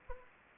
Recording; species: mosquito wingbeat signal from an infrared sensor; Anopheles arabiensis